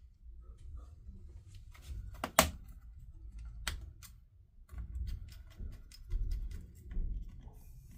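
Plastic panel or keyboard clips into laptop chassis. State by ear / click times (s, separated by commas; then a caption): seated / 2.2 s, 2.4 s, 3.7 s. After a keyboard replacement on an HP EliteBook 840 G6 laptop, the plastic panel or keyboard edge is pressed down around its edges into the laptop chassis. Sharp snaps of the clips are heard at 2.2, 2.4 and 3.7 seconds, followed by softer tapping and handling noise. Everything snaps back in place with no gaps.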